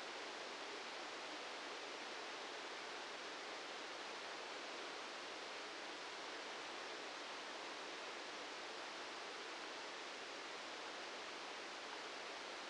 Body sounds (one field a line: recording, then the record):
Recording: brain microelectrode recording played as sound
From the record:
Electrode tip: outside the subthalamic nucleus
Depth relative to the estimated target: -8 mm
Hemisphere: right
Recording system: NeuroSet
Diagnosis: Parkinson's disease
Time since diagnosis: 9 years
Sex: male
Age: 61 years